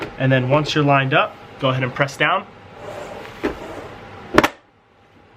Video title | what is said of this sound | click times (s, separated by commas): Venoxy custom M3 gauge face Install | hear that nice positive click make sure all the clips are clipped in they are | 4.4 s, 4.5 s